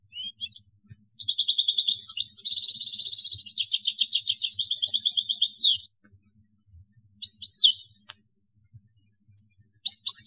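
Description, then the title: European goldfinch song: a long, fast liquid twittering run lasting about five seconds, followed by a few short chirps and a final twitter. "Chant Chardonneret"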